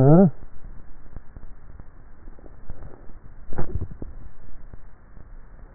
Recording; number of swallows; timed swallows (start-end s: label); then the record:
swallowing sounds by neck microphone; 1
3.52-4.32 s: swallow
From the record:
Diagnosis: dysphagia